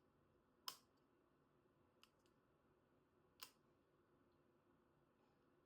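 A plastic auto-injector pen, unlocked and pressed against the skin, fires with a sharp click at 0.7 s. A fainter tick follows at 2.0 s and another click-like hit at 3.4 s over a quiet background.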